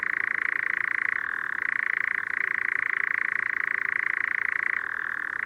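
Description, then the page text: European nightjar: continuous dry churring trill from a European nightjar, dipping briefly to a lower pitch once, then dropping lower again near the end and staying there. "Tomas Belka - Обыкновенный козодой (Caprimulgus europaeus)"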